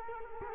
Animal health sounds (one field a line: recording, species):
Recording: mosquito wingbeat signal from an infrared sensor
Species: Culex quinquefasciatus